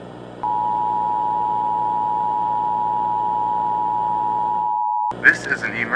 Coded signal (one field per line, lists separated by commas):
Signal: Emergency Alert System (SAME) tones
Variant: 853 and 960 Hz attention tone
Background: speech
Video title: Build a boat Parasite Outbreak | EAS Scenario